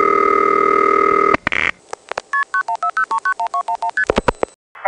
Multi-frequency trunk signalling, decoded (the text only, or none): KP9140391211ST